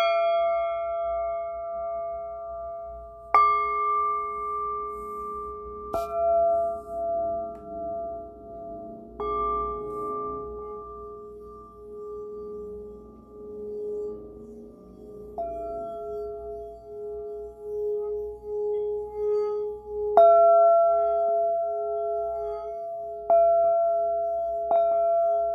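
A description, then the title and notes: A singing bowl is struck and left to ring, with fresh strikes at about 3, 6, 9, 15, 20 and 23 seconds. Each strike sets off a clear, steady tone, with bright overtones above it and a slow wobbling pulse in the long fade. A faint low rumble sits underneath throughout. Sound bowl.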